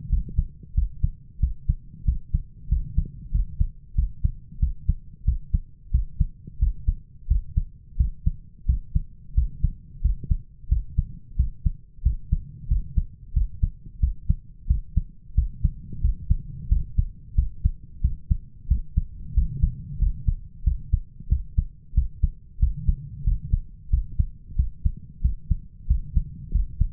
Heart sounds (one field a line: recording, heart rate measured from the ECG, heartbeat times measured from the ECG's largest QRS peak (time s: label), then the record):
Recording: heart sounds by stethoscope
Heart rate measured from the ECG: 91 bpm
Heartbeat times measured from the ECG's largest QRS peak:
0.12 s: heartbeat
0.77 s: heartbeat
1.42 s: heartbeat
2.07 s: heartbeat
2.71 s: heartbeat
3.34 s: heartbeat
3.97 s: heartbeat
4.62 s: heartbeat
5.27 s: heartbeat
5.93 s: heartbeat
6.61 s: heartbeat
7.30 s: heartbeat
7.99 s: heartbeat
8.68 s: heartbeat
9.36 s: heartbeat
10.04 s: heartbeat
10.71 s: heartbeat
11.38 s: heartbeat
12.05 s: heartbeat
12.70 s: heartbeat
13.36 s: heartbeat
14.02 s: heartbeat
14.69 s: heartbeat
15.37 s: heartbeat
16.03 s: heartbeat
16.71 s: heartbeat
17.37 s: heartbeat
18.03 s: heartbeat
18.70 s: heartbeat
19.36 s: heartbeat
20.01 s: heartbeat
20.66 s: heartbeat
21.31 s: heartbeat
21.96 s: heartbeat
22.61 s: heartbeat
23.26 s: heartbeat
23.92 s: heartbeat
24.58 s: heartbeat
25.24 s: heartbeat
25.89 s: heartbeat
26.54 s: heartbeat
From the record:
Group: healthy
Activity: rest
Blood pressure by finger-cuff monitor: 135/84 mmHg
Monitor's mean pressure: 102 mmHg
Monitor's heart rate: 91 bpm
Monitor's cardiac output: 7.3 L/min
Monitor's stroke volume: 81 mL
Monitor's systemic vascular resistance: 1020 dyn s/cm5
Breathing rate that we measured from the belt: 18 breaths a minute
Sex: male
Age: 21 years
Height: 175 cm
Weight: 72.6 kg